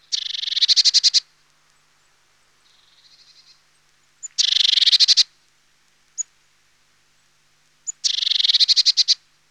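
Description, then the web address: Eurasian blue tit scolding: harsh buzzy churring bursts about a second long, repeated three times with single sharp high notes between them. "Sinitiainen. nauhalaisen aanimaailmat"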